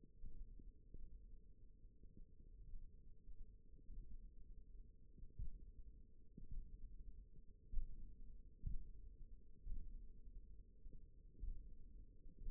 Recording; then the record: forearm muscle sounds (acoustic myography)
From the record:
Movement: tripod grip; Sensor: system 1, eight BSWA MPA416 microphones around the upper forearm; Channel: 1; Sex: female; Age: 20 years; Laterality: right